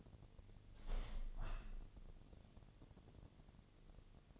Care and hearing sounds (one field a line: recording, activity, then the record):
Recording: daily activity, microphone in the room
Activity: open window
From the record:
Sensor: 4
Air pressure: 1007.2 hPa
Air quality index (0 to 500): 186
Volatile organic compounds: 6 ppm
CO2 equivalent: 1850 ppm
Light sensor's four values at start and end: 23/73/28/27 and 23/73/28/27